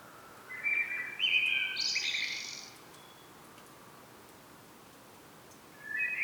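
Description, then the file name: Common blackbird song: a low fluting warble rising into a high squeaky twitter, then quiet, with another phrase starting near the end. "Turdus merula"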